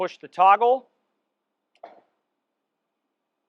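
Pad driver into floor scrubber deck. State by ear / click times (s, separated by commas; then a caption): seated / 1.8 s. Someone talks, then a button is pressed and the toggle pushed so the pad driver attaches under the deck of a 20" walk-behind, battery-powered, self-propelled SweepScrub SS5160T disk floor scrubber. A short snap sounds at 1.8 s, and the pad driver is successfully attached.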